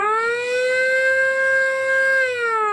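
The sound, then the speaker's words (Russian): A ship's siren on the Volga blares as the skipper signals the decision to moor, in one long, loud, steady blast with a rich, buzzy tone, its pitch sagging slightly as it fades at the end. No voices. “Рявкнула сирена, шкипер обозначил решение причалить.”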